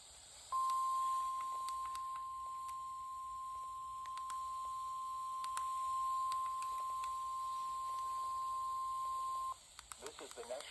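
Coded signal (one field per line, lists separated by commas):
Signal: Emergency Alert System (SAME) tones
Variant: 1050 Hz attention tone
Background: speech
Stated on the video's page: Real NWS Jacksonville Required Weekly Test received from NOAA Weather Radio transmitter in Jesup, GA.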